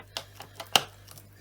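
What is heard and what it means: A washed hose part is fitted back into the body of a Hoover Turbopower Boost U2718 vacuum cleaner, with a few faint knocks as it is moved into position over a low steady hum. A loud, sharp click at 0.8 s shows the hose part seating in place.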